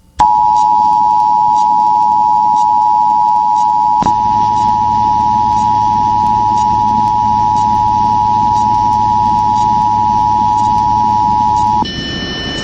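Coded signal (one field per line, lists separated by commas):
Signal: Emergency Alert System (SAME) tones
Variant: 853 and 960 Hz attention tone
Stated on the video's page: Michigan administrative message SAME alert aired on an FM station.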